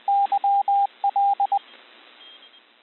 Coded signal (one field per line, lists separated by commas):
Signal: Morse code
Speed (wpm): 20 wpm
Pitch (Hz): 800 Hz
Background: radio noise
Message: YL